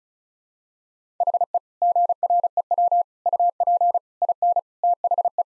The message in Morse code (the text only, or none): HE GREW UP IN THE